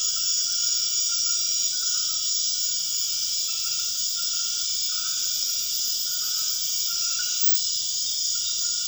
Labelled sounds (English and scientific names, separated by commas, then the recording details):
none
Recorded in dense forest near Puerto Asís, Putumayo, Colombia, on 4 March 2025 at 23:00
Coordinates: 0.481, -76.323
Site G088